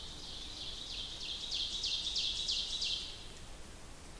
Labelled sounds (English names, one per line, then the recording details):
Ovenbird song
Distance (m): 50 m
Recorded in boreal forest in Alberta, Canada, on 2 June 2016 at 08:49
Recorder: SongMeter 3, array SBT-3-7
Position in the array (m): 53 m, 84 m
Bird 5